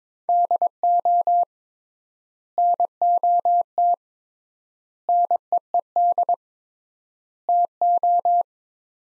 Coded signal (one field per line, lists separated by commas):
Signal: Morse code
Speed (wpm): 22 wpm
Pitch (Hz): 700 Hz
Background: none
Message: DO NOT NEED TO